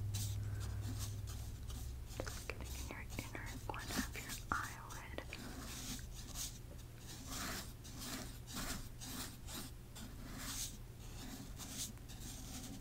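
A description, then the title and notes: Close, soft brush strokes sweep and dab, painting on the face, with quick taps scattered through the first five seconds and a denser run of rasping strokes afterward. A low, steady hum sits underneath. Painting On Your Face.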